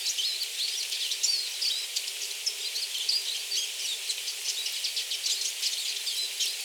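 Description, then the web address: Eurasian siskin chatter: dense, quick series of bright, high chirps and little rising squeaks running without pause throughout. Recorded at Tatsuno, Japan, on 18 March 2024. "koe mahiwa 240318 tatsuno kuroda"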